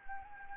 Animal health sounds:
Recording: mosquito wingbeat signal from an infrared sensor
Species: Anopheles arabiensis

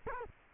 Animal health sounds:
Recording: mosquito wingbeat signal from an infrared sensor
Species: Culex quinquefasciatus

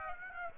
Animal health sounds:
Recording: mosquito wingbeat signal from an infrared sensor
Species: Aedes aegypti

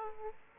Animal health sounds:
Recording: mosquito wingbeat signal from an infrared sensor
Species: Aedes aegypti

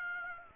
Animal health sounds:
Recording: mosquito wingbeat signal from an infrared sensor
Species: Aedes aegypti

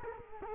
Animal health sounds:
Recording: mosquito wingbeat signal from an infrared sensor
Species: Culex quinquefasciatus

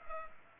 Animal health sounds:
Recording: mosquito wingbeat signal from an infrared sensor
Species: Culex pipiens

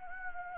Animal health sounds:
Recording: mosquito wingbeat signal from an infrared sensor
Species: Anopheles gambiae

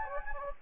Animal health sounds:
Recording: mosquito wingbeat signal from an infrared sensor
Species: Anopheles gambiae

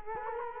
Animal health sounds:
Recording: mosquito wingbeat signal from an infrared sensor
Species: Culex quinquefasciatus

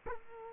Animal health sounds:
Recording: mosquito wingbeat signal from an infrared sensor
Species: Culex quinquefasciatus

